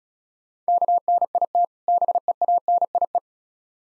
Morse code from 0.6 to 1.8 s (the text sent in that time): KNIT